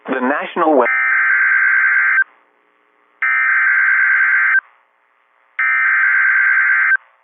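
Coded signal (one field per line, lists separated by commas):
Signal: Emergency Alert System (SAME) tones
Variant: header bursts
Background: speech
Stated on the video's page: Severe Thunderstorm Warning heard on an online NOAA Weather Radio stream.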